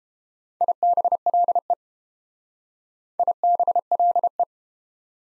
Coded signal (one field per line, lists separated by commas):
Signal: Morse code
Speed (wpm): 30 wpm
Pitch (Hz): 700 Hz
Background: none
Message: IBLE IBLE